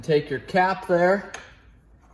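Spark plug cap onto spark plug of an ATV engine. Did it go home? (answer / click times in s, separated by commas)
no / none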